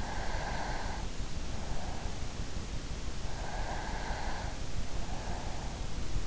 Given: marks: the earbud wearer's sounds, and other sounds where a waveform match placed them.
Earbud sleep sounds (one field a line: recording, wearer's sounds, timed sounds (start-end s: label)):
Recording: sounds in sleep by an in-ear microphone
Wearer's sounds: breath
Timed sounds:
0.02-2.47 s: breath
3.45-5.10 s: breath